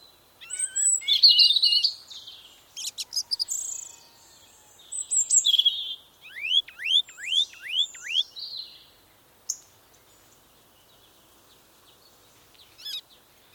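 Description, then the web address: Bird song: bright, varied phrases of high chirps and trills, then a run of several rapid curved whistled notes, followed by pauses and a few scattered calls. Birdsong on a summer morning. "Tom Hutchings Birdsong Summer Morning"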